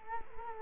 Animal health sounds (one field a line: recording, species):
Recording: mosquito wingbeat signal from an infrared sensor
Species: Culex quinquefasciatus